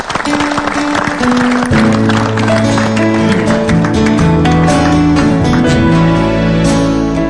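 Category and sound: crowd, audience applause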